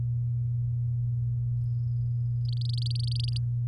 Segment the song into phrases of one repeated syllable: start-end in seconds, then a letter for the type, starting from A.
2.45-3.38 A